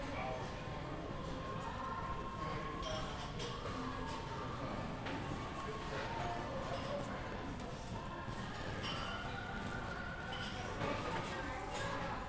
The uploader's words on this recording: Standing in the Habitat for Humanity ReStore on North Wendover Road. Featuring moving furniture, a rolling cart, and shoppers.